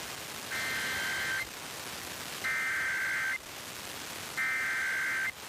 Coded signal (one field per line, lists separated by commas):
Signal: Emergency Alert System (SAME) tones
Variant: header bursts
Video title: Pennsylvania Required Monthly Tests (2/17/22)(EAS 1098-1106)